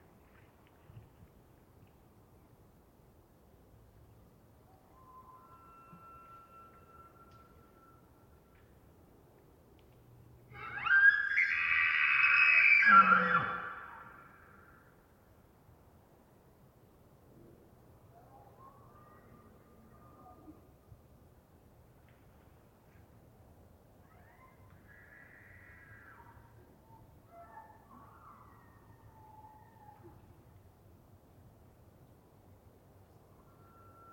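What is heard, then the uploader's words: A bull elk bugles loudly at about 11 seconds, a rising scream with a sliding whistle that drops into a low grunting roar near 13 seconds. Fainter calls and chirps from other elk come and go before and after, over a low steady rumble. Elk Multiple Bulls One Close Scream Roar Distant Ethereal Calls. Starting pre-dawn. It was rutting season in the Colockum Wildlife area. These are raw tracks, down-mixed to stereo (from double-m/s). Elk, mostly bulls bugling, screaming, roaring, whistling, and chirping. Occasional high-pitched mews from the cows can be heard.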